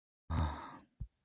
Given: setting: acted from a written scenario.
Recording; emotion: vocal sound without words; ecstasy